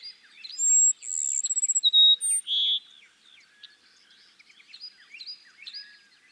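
Cassin's sparrow sings a high whistled opening, a rapid trill and a few clear notes, over chattering, twittering birds.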